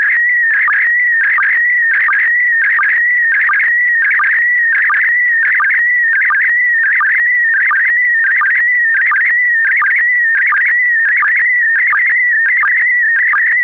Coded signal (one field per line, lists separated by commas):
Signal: SSTV (slow-scan television)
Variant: PD 90